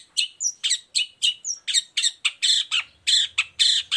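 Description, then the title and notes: Long-tailed shrike giving rapid harsh chirps and squawks, mixed with a few short whistles. Morning song with varied 'toet toet' notes, used as a lure to provoke other shrikes into answering and singing along. "Cendet Gacor Dor Di Kala Pagi Toet Toet Variasi Suara. Pancingan Emosi Cendet Gacor Full Variasi Toet Toet Bikin Nyaut Cendet Lain Langsung Ikutan Bunyi. Burung cendet"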